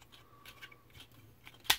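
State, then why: Seated. The plastic chest panel of a Siege War for Cybertron Galaxy Upgrade Optimus Prime transforming action figure is closed back over the revealed head and pushed home into the torso. A few faint handling ticks lead up to a sharp plastic snap at 1.7 s, when the chest panel pops back into place and is seated.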